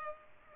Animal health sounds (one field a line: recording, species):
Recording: mosquito wingbeat signal from an infrared sensor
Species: Culex pipiens